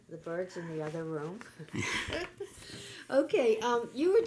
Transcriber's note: they laugh